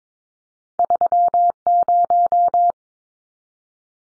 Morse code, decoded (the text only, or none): 30